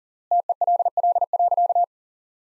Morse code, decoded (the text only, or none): TELL.